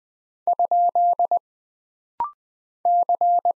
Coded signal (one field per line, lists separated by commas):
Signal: Morse code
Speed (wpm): 20 wpm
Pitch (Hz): 700 Hz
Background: none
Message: ? C